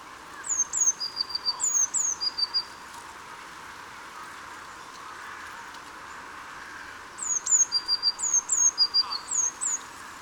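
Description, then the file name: Eurasian blue tit song in two bursts, each a run of sharp high piping notes followed by a quick lower trill, with a quiet gap between over faint background hiss. "Cyanistes caeruleus"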